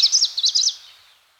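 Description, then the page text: Greenish warbler song fragment: a brief burst of high, rapid slurred notes lasting under a second, then fading away. "Greenish Warbler Song 2. Quick Sounds"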